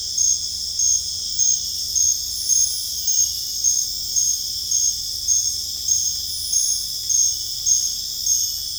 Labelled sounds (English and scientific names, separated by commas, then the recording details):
none
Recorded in dense forest near Puerto Asís, Putumayo, Colombia, on 18 December 2024 at 21:30
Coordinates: 0.484, -76.325
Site G056